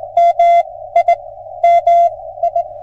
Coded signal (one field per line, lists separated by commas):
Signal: Morse code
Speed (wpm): 20 wpm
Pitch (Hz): 700 Hz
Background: none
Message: MI MI